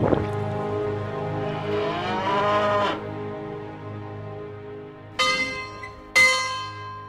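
A cow gives one long, drawn-out moo that slowly rises in pitch, then after a pause two sharp, ringing bell strikes follow, each fading out.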